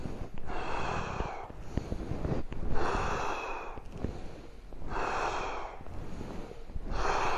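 A steady series of forceful, breathy blasts in a breathing exercise, strong inhales alternating with hard, airy exhales like blowing out a candle, repeating every second or so with no talking.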